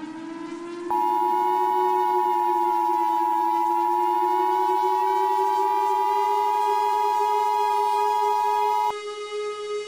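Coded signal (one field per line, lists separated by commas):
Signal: Emergency Alert System (SAME) tones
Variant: 853 and 960 Hz attention tone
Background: music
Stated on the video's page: Fictional EAS scenario with valid tones.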